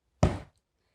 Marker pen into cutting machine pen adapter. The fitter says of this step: i put it on my mat right here and you're gonna hear a click and i'm sorry for the bang in the microphone